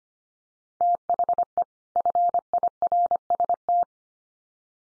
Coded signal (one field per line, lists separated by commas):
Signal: Morse code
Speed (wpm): 25 wpm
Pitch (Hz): 700 Hz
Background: none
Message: THE FIRST